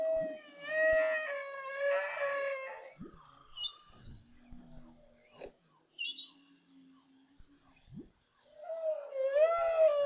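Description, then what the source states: Humpback whale song in a higher register: wavering harmonic cries, brief squeaky chirps, a soft lower hum, and a rising wail at the end. Song recorded in 2011 as part of the BRAHSS project.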